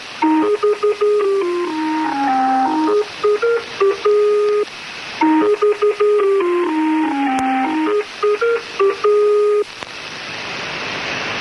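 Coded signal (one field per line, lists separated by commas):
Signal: numbers station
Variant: Lincolnshire Poacher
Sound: a short beeping electronic folk tune played twice through hissy shortwave noise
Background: radio static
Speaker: Now, the sample that I played for you earlier is called the Lincolnshire Poacher.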